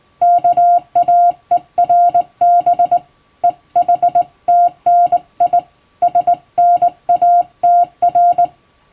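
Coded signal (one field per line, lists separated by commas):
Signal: Morse code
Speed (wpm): 21 wpm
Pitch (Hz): 700 Hz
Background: none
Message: KAERB EHTNI SNATR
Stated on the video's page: Hand-keyed Morse practice with a telegraph key, international code sent in telegram format by a first-class radiotelegraph operator.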